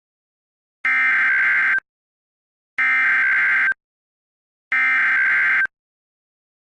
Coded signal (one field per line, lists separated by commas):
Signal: Emergency Alert System (SAME) tones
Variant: header bursts